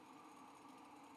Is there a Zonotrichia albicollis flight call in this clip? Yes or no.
no